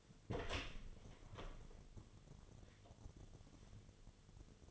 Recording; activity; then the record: daily activity, microphone in the room; open door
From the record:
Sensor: 4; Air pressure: 1008.1 hPa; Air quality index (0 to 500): 181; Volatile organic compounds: 5 ppm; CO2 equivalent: 1810 ppm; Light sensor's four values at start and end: 24/77/29/28 and 23/72/27/26